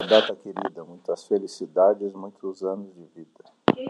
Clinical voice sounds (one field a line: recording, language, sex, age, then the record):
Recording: short text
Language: Brazilian Portuguese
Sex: male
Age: 60 to 69 years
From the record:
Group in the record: control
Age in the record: 64 years